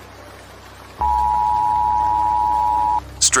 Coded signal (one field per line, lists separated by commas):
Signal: Emergency Alert System (SAME) tones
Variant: 853 and 960 Hz attention tone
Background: speech